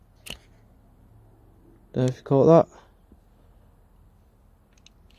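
A retaining tang on a metal terminal in a plastic connector housing from a Triumph Sprint ST 1050 is depressed with a flat-blade screwdriver, pressed on by the lips, while the terminal contact is pushed, during connector disassembly for electrical issues. A small, sharp click at 0.3 s marks the terminal being released. Someone then talks around 2 seconds, and a few faint ticks follow near the end.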